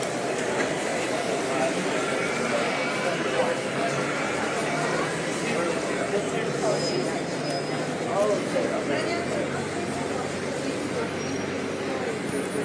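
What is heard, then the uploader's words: A busy street on a Saturday night, filled with a dense, steady murmur of many voices talking at once. The crowd noise stays even throughout, with occasional brighter calls and clatter rising briefly above it, and faint traffic underneath. Queen street Saturday night.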